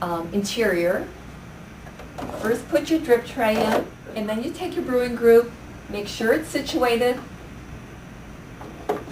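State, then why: Seated. Someone talks while the removable brewing group of a Saeco Xelsis espresso machine is lined up and pushed into its housing. A short, sharp click at 8.9 s marks the brewing group seating and locking into place.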